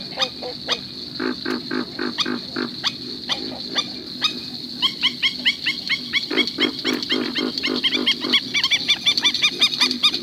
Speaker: These are the distress calls of a black-necked stilt, perhaps a pair of them.